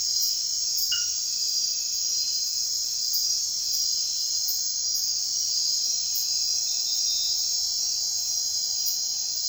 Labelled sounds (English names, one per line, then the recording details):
none
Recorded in secondary vegetation near Puerto Asís, Putumayo, Colombia, on 23 June 2025 at 00:00
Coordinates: 0.498, -76.327
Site GP09